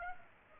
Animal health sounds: mosquito wingbeat signal from an infrared sensor; Aedes aegypti

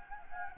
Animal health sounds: mosquito wingbeat signal from an infrared sensor; Anopheles gambiae

